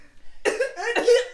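Two short, harsh coughs about half a second apart, voiced and somewhat throaty, rising out of near silence in a small room. It is a plain cough from an adult woman, set off by laughing, and it hurts.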